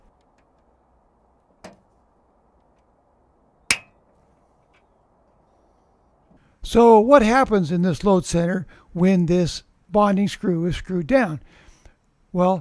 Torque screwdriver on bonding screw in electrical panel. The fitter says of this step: once again tighten until you hear the click